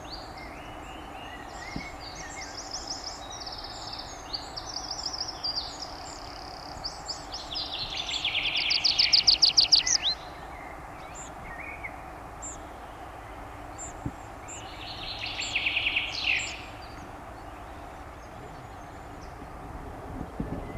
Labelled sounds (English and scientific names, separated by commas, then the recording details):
Tree Pipit (Anthus trivialis) song
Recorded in the wild
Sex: male
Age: adult
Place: Burk, Bayern, DE
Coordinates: 49.1328, 10.4797
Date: 1971-05-08
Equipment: Uher Report 4200, Scotch-Classic 19cm, AKG D190C in Doppelparabolreflektoren
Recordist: Krey, Winfried